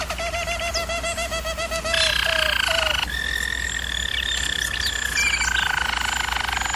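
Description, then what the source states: Canary song with fast pulsed rolls shifting into steady whistled tones, then a smooth sustained note layered under higher trilled phrases. German Roller breed canary singing.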